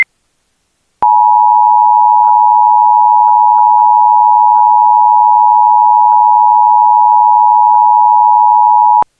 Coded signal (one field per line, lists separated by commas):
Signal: Emergency Alert System (SAME) tones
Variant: 853 and 960 Hz attention tone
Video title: EAS | Laboratory Incident in Lake Charles, Louisiana